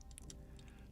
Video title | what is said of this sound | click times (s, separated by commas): Olympus OM-1 - Meter Adjustment DIY - DIY #004 | it'll click as it snaps into position | 0.2 s, 0.3 s